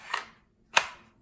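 A compact 48 pistol is pushed into a Kydex holster with a high channel for suppressor-height sights. A softer tap sounds at 0.1 s, then a sharp, louder click at 0.8 s as the pistol seats fully in the holster.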